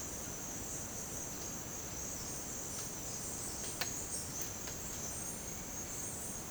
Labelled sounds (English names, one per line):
none